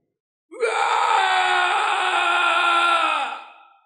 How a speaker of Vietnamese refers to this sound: Tiếng hét đó bén nhọn sộc vào tai, trong thanh âm tràn trề nỗi tuyệt vọng, kinh hoàng, khó tin và bi thương. Quỷ Lệ nghe rất rõ, đó không ngờ chính là thanh âm của Quỷ Tiên Sinh.